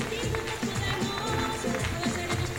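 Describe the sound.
An audience applauds steadily throughout, a dense wash of many hands clapping at an even, fairly loud level, with murmuring voices and low tones running underneath.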